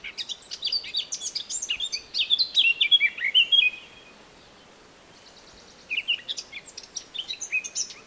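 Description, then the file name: Eurasian blackcap song: hurried twittering leading into a clear fluted warble, a brief pause, then the next phrase begins. "Sylvia atricapilla"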